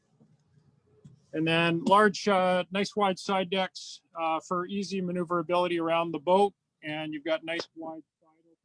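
A man talks throughout while the wide side-opening cabin door of a 2020 Axopar 37 Cabin boat is handled toward its open position, where it latches into its hold-open catch. The clip ends before the door locks into place, so nothing has seated or clicked yet.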